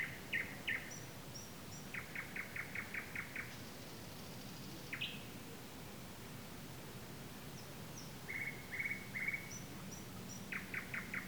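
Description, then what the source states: Nightingale song: rapid repeated clicking notes in bursts, a sharp upslurred whistle, a faint buzzy high phrase and drawn-out steady whistles, over low rumbling background noise. Recorded on 15 May 2022.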